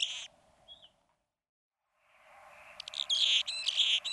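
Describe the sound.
Anna's hummingbird with a brief buzzy note and a thin squeak, then quiet before a burst of rapid, grating buzzy song at the end.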